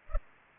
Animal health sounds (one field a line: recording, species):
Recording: mosquito wingbeat signal from an infrared sensor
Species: Culex pipiens